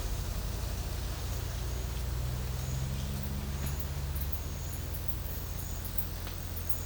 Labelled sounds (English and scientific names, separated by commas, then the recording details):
none
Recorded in pastures near Puerto Asís, Putumayo, Colombia, on 20 December 2024 at 12:30
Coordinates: 0.466, -76.322
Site G040